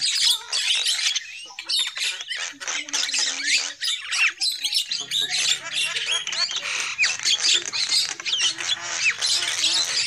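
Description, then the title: Lovebird chatter: a steady stream of shrill, high squeaks and rising chirps. Lure call used for trapping lovebirds. "PIKAT BURUNG LOVEBIRD"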